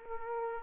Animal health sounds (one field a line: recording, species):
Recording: mosquito wingbeat signal from an infrared sensor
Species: Aedes aegypti